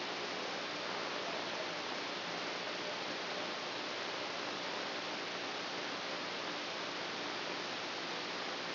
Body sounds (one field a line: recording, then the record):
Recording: brain microelectrode recording played as sound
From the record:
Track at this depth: inside the subthalamic nucleus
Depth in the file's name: 1.727 mm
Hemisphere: right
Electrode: 2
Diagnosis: Parkinson's disease